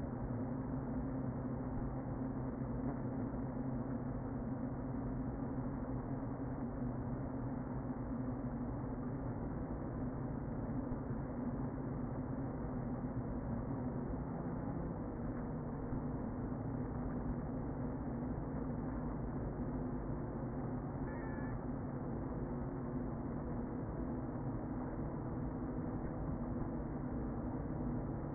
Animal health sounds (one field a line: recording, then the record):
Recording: honeybee colony, microphone inside the hive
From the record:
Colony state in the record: queen present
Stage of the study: before two queens were removed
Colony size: about 60,000 bees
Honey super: yes